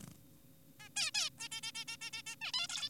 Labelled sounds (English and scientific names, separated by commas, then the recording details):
Zebra Finch (Taeniopygia guttata)
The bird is an adult
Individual g4p5U